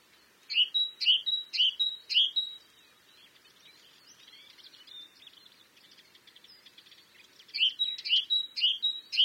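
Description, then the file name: Great tit delivering bursts of quick two-note whistled phrases: a run of four, a pause with soft twittering, then another run of four. "Parus major"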